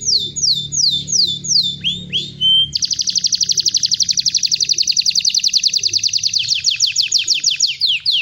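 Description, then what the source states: Belgian canary song: a series of loud descending whistled sweeps, then a long, fast, even trill of rapid repeated notes, ending in a few more falling sweeps. Copper-coloured Belgian canary, singing.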